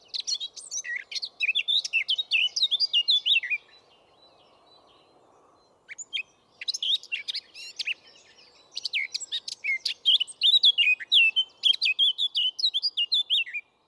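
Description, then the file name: Eurasian blackcap pouring out fast, scratchy warbling phrases mixed with clearer slurred notes, two long bursts divided by a gap of about two seconds. "Sylvia atricapilla"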